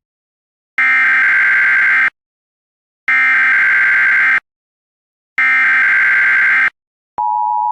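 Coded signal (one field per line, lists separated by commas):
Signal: Emergency Alert System (SAME) tones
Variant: header bursts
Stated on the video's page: Mock alert: simulated, not a real broadcast.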